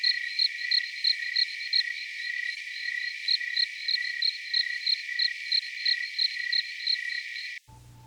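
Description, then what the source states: Cricket chirping in rapid high pulses about three per second over a continuous insect hum, cutting off abruptly just before the end. Cricket recorded outside.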